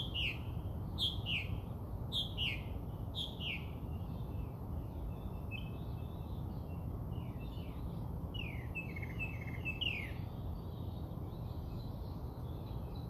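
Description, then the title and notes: Bird song, bright sharp chirps in quick clusters, falling notes repeated in bursts with a pause midway, then more chirping trailing off over low hum. Birds singing outside the recordist's house. "Bird Songs Part Two. More bird songs outside my house"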